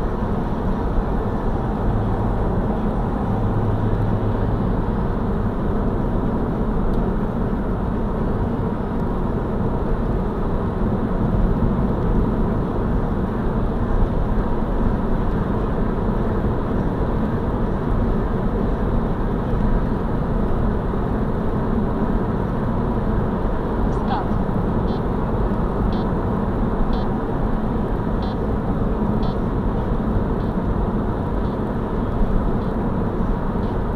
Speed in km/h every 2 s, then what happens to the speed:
92, 90, 89, 87, 89, 89, 90, 91, 92, 94, 94, 94, 92, 91, 90, 89, 89.
0-34 steady at about 90.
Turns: none.